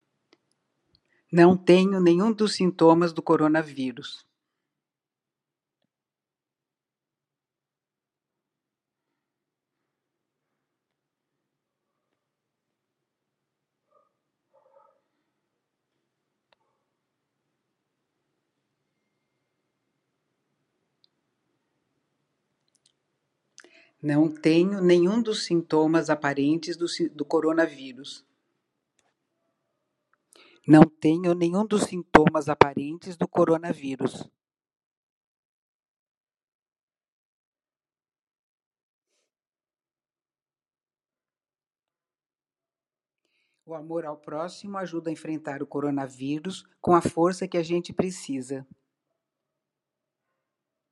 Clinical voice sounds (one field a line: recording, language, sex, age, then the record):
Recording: spoken sentence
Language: Brazilian Portuguese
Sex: female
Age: 70 to 79 years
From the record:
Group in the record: control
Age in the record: 78 years